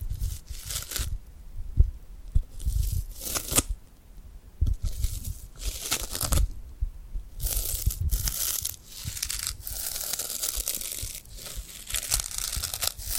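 Hands rubbing and pulling apart from something glued, with sticky crackling and tearing peel sounds. The noises come in uneven bursts and stretches, bright and crisp on top with soft low thumps, and a few brief quiet gaps between them.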